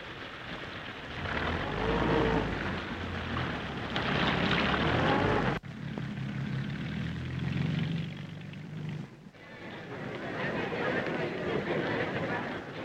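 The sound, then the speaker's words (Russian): In a film, a motorboat engine drones steadily over rushing, splashing water as the pilot picks up Alyosha and Strelka on a launch; a loud, continuous low rumble with hissy spray, briefly cut off by a sudden break before the roar resumes. “Лоцман подбирает Алешу и Стрелку на катере.”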